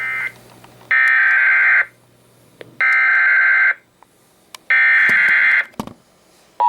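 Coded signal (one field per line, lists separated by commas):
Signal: Emergency Alert System (SAME) tones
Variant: header bursts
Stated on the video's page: Real EAS alerts from streaming services.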